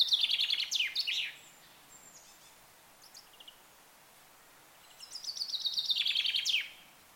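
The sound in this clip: Bird song: a fast, buzzy run of high chirps opens, soft scattered notes follow, then a second long trilled phrase comes near the end.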